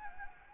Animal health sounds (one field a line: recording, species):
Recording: mosquito wingbeat signal from an infrared sensor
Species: Anopheles gambiae